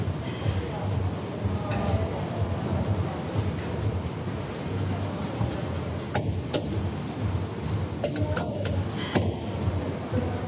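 A steady, dense treadmill rumble and swoosh runs throughout, while sharp metallic weight clinks ring out several times in the second half.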